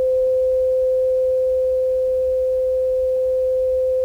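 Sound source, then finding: Audiometer. Audiometer test tone (tinnitus matching).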